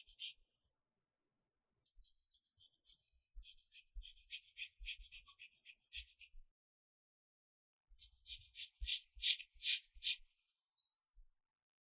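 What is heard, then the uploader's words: Pencil scratches across paper in quick bursts of strokes, with a soft low tap at each stroke, pausing near two seconds and around seven. 寫字聊天 | 書寫聲 | Pencil Writing Sound for Relax | No Talking.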